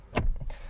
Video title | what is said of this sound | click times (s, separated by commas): 2024 LEXUS GX550 - Better In Every Way! | locks into place again and then I'm going to reach around to make sure it's reclined to a comfortable seating position | 0.2 s